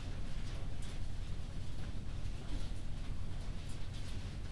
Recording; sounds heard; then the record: poultry house recording; no chicken sound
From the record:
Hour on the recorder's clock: 21